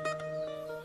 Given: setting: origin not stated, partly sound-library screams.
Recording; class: one-second piece from a danger detection set; normal situation